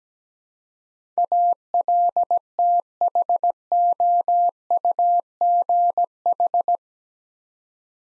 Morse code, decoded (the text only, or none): ALTHOUGH